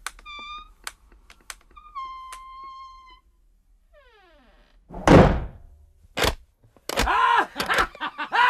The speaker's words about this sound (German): Kaum hatte ich die Schwelle überschritten, fiel hinter mir plötzlich die Tür ins Schloss.